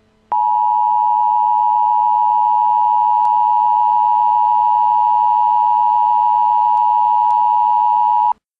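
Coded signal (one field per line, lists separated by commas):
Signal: Emergency Alert System (SAME) tones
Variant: 853 and 960 Hz attention tone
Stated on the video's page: Joke meme EAS alert, not real.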